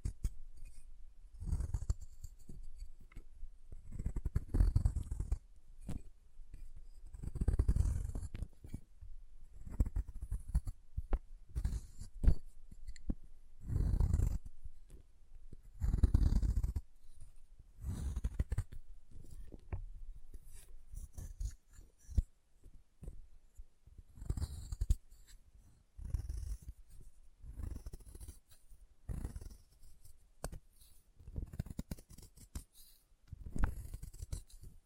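Chalk being carved and cut, heard as short scraping and snipping strokes that come in quick bursts throughout. The strokes are dry and gritty, with heavier scrapes around 8, 14 and 16 seconds and lighter, busier scratching near the end.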